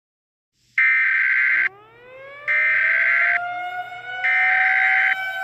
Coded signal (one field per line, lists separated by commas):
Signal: Emergency Alert System (SAME) tones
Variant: header bursts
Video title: EAS SCENARIO 13: The Unvitational Committee Attack